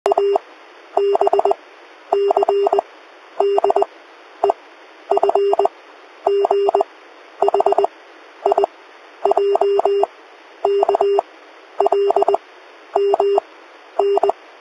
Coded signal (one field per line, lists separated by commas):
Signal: Morse code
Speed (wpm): 20 wpm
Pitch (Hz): 400 Hz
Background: none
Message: A B C D E F G H I J K L M N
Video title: morse code sound effect - Sky Sound Effect | Sound Effects | sounds | Sound fx | Free Sound Effects